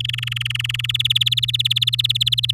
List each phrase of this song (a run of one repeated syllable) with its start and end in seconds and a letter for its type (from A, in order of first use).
0.00-0.86 A, 0.89-2.51 B